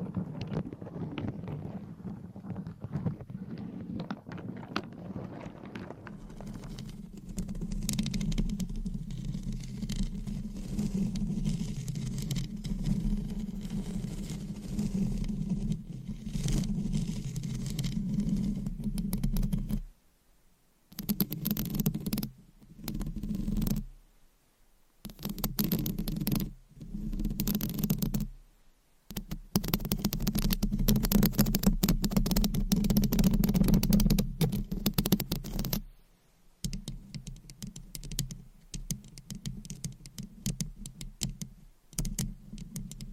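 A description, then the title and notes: Dry scratching and rubbing against a microphone, a dense crackling texture over a low rumbling hum. The scratching runs nearly nonstop but breaks off into sudden silent gaps around 20, 24, 29 and 36 seconds, resuming each time with a slightly different tone. Mic Scratching - Brain Scratching on 10 Different Mics Asmr No Talking.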